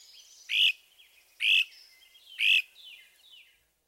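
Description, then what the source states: Great Crested Flycatcher calling preet, preet, preet: three trilled notes evenly spaced about a second apart, with faint thin notes in the background. Softer, trilled preet, preet, preet call.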